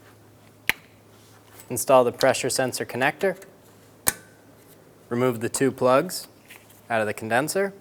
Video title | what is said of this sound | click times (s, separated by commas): How to Replace AC Condenser and Receiver Drier Assembly 2007-2012 Nissan Altima | slide it into place push the condenser down into place until it clicks | 0.7 s